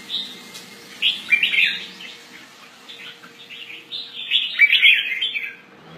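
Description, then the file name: Red-whiskered bulbul calls: chattering, warbled notes in two loose bursts, brighter and busier toward the end, over a faint steady hum. "Pycnonotus jocosus"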